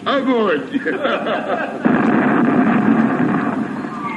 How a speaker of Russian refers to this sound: Капитаны, прошу вас выстрелить меня из пушки.